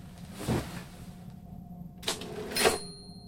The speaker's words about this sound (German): Was soll ich mit der Schreibmaschine?